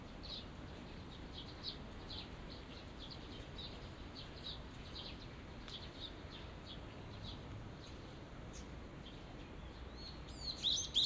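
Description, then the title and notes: Small birds chirping, short high notes repeated rapidly at an uneven pace, with a louder burst of calls at the end over a low background rumble. Small garden in a corner of Yushima Tenjin shrine, Tokyo, Japan, surrounded by buildings, after rain; binaural. "小鳥のさえずり、雨上がりの庭園にて（Binaural）- Birds singing in the garden. 湯島天神の片隅にある小さな庭園で録音しました。"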